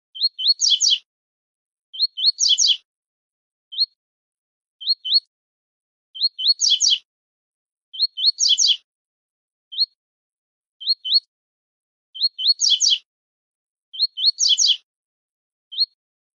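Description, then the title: Double-collared seedeater repeating a steady pattern: pairs of rising whistles, some leading into a buzzy chattering burst, interspersed with lone whistled notes, with phrases every one to two seconds. Tui-tui style song used as a tutor recording for teaching young birds. "COLEIRO TUI TUI FIBRA CANTO PROFESSOR"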